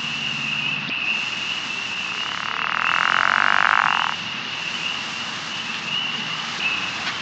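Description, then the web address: True frogs: a frog calling in a buzzy burst of nearly two seconds, with a constant high tone and low noise throughout. "Ranidae"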